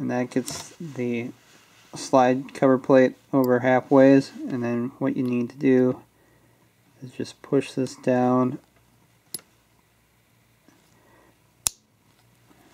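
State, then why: Seated. Someone talks while a slide cover plate, already started halfway onto the rear of a Glock pistol slide during a maritime spring cup install, is pushed down. After a faint tick at 9.4 s, a sharp, loud snap at 11.7 s marks the plate seating in place.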